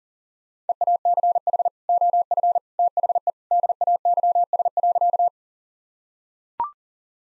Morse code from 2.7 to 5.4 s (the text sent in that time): THE DAYS.